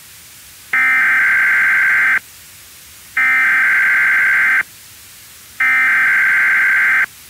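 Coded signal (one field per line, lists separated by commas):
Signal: Emergency Alert System (SAME) tones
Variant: header bursts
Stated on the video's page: Fake EAS alert for a North Korean and terrorist invasion of Los Angeles, made as an April Fools joke.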